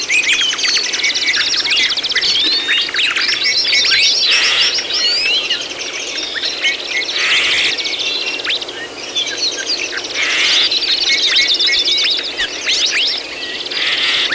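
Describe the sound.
Many birds singing at once, a steady wall of high chirps, trills and twitters with swelling louder bursts.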